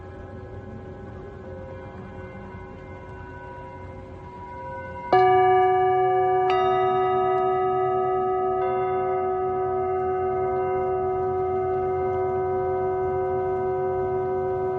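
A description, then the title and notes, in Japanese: A singing bowl rings steadily, its tone already humming at the start. Near five seconds it is struck, giving a bright, louder ring, and a second strike follows around six and a half seconds; the pure, layered tones then sustain and fade slowly. メキシコから シンギングボウルのサウンドヒーリング。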